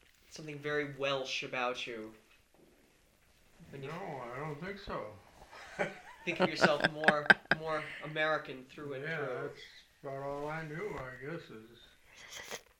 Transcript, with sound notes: something very Welsh about you.
No, I don't think so. (everyone laughs)
You think of yourself, more American, through and through.
Yeah, that's `bout all I knew, I guess, is...